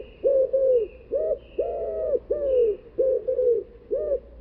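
Bird giving low, mellow cooing notes: short and drawn-out coos alternating in a rhythmic repeated phrase, with quiet gaps between them.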